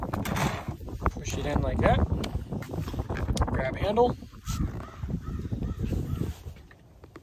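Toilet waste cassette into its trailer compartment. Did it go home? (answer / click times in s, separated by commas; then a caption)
no / none. Someone talks while grabbing the handle of the toilet waste cassette on a 2020 Forest River Flagstaff 627M trailer and lining it up with its compartment before sliding it in, with short handling knocks and rattles throughout. Nothing has been pushed home or clicked into place yet.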